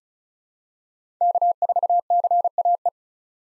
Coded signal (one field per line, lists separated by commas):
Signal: Morse code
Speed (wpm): 34 wpm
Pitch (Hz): 700 Hz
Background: none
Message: K4CAE